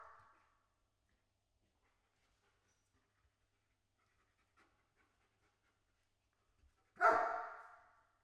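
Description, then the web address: German Shepherd dog barking: the tail of one bark fades at the start, then near-silence until a single deep, echoing bark near the end. Slow, distant barking. "Pole Position - Barking Dog Dog German Shepherd. Int Bark Slow Distant"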